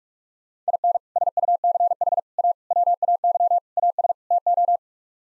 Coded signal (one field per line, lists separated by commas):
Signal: Morse code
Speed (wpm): 46 wpm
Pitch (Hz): 700 Hz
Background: none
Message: IN SUCH A WAY AS TO